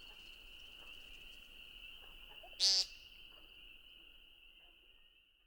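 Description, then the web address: American Woodcock call: a single short, nasal, buzzy note midway through, set against a steady high insect drone. "Songs of Birds of North America Know Your Bird Sounds Common Western Species. American Woodcock"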